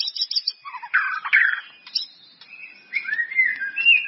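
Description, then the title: White-rumped Shama song: rich, slurred whistles and falling notes, with a brief high trill at the start. "murai batu"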